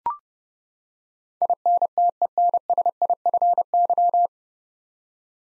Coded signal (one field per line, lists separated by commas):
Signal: Morse code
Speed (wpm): 29 wpm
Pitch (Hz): 700 Hz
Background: none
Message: INTENSIFY